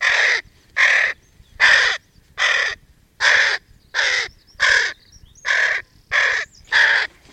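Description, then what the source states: Hooded crow uttering ten loud, rasping caws at a steady pace. Adult bird.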